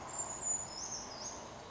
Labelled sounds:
Brown Creeper (Certhia americana)
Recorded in Sonoma County, California

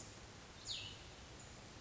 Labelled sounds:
Cassin's Vireo (Vireo cassinii)
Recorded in Sonoma County, California

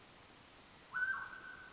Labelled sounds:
Mountain Quail (Oreortyx pictus)
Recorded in Sonoma County, California

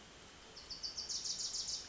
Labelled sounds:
Wilson's Warbler (Cardellina pusilla)
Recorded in Sonoma County, California

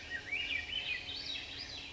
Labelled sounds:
Swainson's Thrush (Catharus ustulatus)
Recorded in Sonoma County, California

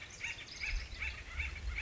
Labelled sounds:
Acorn Woodpecker (Melanerpes formicivorus)
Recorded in Sonoma County, California

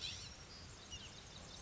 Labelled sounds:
California Scrub-Jay (Aphelocoma californica)
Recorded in Sonoma County, California

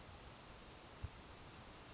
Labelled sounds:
California Towhee (Melozone crissalis)
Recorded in Sonoma County, California

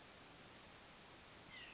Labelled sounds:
White-breasted Nuthatch (Sitta carolinensis)
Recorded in Sonoma County, California

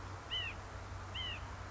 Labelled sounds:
White-breasted Nuthatch (Sitta carolinensis)
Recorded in Sonoma County, California

